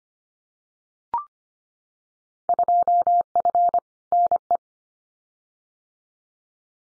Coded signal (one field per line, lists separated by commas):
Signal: Morse code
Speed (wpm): 25 wpm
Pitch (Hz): 700 Hz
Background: none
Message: 2F NE